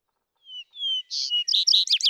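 Vesper sparrow singing two slow, clear falling whistles followed by harsher buzzy notes and a jumble of quick twittering phrases; no other sounds.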